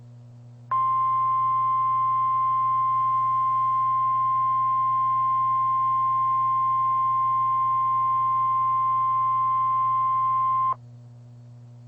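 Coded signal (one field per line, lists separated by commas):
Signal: Emergency Alert System (SAME) tones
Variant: 1050 Hz attention tone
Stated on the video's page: Real NWS tornado warning for the Dallas area, issued through the Emergency Alert System.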